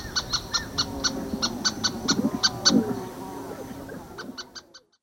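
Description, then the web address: Yellow-billed tern calls as a rapid series of clipped, high pulsed notes, pausing and then resuming briefly near the end, with lower wavering sounds underneath midway. Ecuador. "Birds of Ecuador. Yellow billed Tern"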